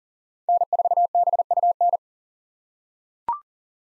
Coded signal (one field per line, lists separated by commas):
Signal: Morse code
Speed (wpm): 40 wpm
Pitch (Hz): 700 Hz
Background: none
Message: N4BUN